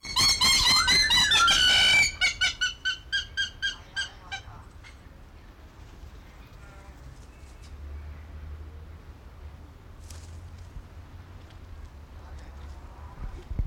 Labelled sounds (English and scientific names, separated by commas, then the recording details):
Hamerkop (Scopus umbretta) trumpet call
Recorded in captivity
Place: Zoo Berlin, Berlin, DE
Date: 1992-12-05 11:14
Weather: schwach sonnig, ca. 4°C
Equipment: Marantz CP 430, Sennheiser ME 80, Kopie Tesla B 116
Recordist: Tembrock, Günter